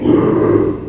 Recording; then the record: squeal of a Yucatan mini pig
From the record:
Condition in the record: before surgery on the right vocal fold (resection and tissue-engineered implant); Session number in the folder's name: 1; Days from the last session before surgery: -3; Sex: male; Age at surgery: 12 weeks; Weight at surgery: 13 kg